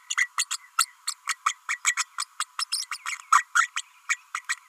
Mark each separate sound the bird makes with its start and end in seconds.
0.17-0.28, 0.38-0.45, 0.50-0.57, 1.07-1.14, 1.28-1.36, 1.45-1.55, 1.69-1.79, 1.84-1.95, 2.19-2.25, 2.40-2.44, 2.59-2.64, 2.71-2.85, 2.91-2.97, 3.05-3.16, 3.31-3.45, 3.55-3.69, 3.76-3.82, 4.09-4.18, 4.34-4.42, 4.49-4.56